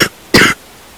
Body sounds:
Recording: coughing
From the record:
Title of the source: 30 Chesty and wet cough

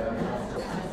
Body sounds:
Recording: background sound without coughing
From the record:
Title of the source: 60 minutes of coffee shop sounds for study and concentration

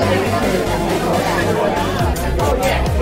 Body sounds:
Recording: background sound without coughing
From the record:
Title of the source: Nightlife Party Simulating Party Club Noise 1 Hour

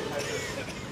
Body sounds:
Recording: coughing mixed with background sound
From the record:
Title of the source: Dry Afternoon Cough

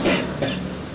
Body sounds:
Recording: coughing mixed with background sound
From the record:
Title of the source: Residual Phlegmy Morning Coughing and Gagging

